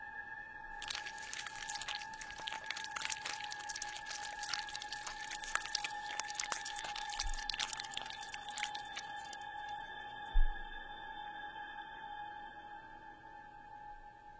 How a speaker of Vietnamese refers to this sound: Nó ngồi đó cầm nửa con mèo rồi bắt đầu nhai rau ráu.